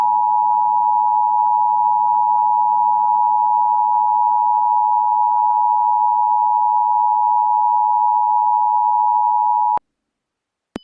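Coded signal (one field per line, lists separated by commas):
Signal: Emergency Alert System (SAME) tones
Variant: 853 and 960 Hz attention tone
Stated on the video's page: Fictional EAS scenario, remastered, containing simulated SAME tones.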